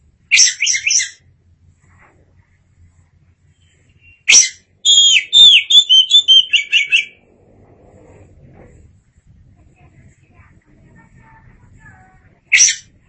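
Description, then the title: Oriental magpie-robin song: a chattering burst, then a longer run of varied whistled and buzzy notes, ending with a lone sharp chirp after a pause. "Suara Kicauan Burung Kacer"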